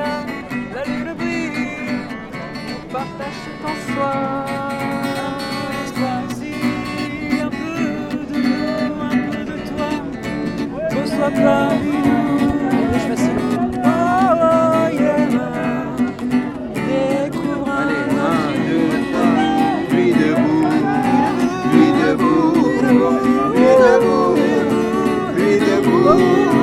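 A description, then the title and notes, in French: A Nuit Debout gathering at Place du Bouffay in Nantes, heard as a dense, continuous murmur of many voices talking over one another. Individual voices rise briefly above the crowd now and then. The chatter grows slightly louder after the first ten seconds and stays steady. Nuit Debout à Nantes Place du Bouffay.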